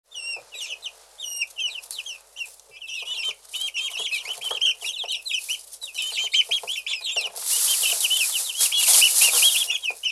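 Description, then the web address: Chickens calling, many high squeaky peeping notes overlapping, then a burst of broad rushing noise toward the end. Farm chickens. "bird farm chickens"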